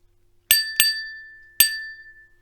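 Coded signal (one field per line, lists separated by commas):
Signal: bell signal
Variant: British signal box bell code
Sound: three bright bell dings, two quick then a pause and one more, ringing on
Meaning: Acknowledges train out of section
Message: 2-1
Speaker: I'll acknowledge that with him by sending him that same signal back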